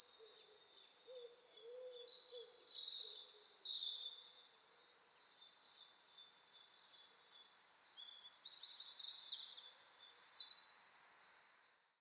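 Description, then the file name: Eurasian wren song: the end of one high, rapid phrase and a few scattered notes, a quiet pause, then a loud new outpouring of shrill notes and trills. "Troglodytes troglodytes"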